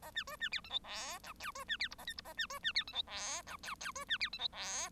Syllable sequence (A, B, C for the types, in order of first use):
A B C B D E F G H I C B D J A K J A B C B D E F G H I I C B D E F G